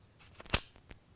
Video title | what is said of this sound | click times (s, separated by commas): Lenny Magill from @glockstore and his Classic Review of the MCK! | there's our click so now it's locked in | 0.5 s